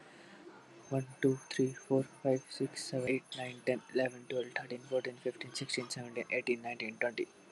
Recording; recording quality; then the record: counting at a fast pace; excellent, no background noise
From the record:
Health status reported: respiratory illness, not identified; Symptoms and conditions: asthma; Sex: male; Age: 23 years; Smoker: not ticked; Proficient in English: yes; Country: India